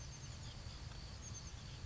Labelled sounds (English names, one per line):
Oak Titmouse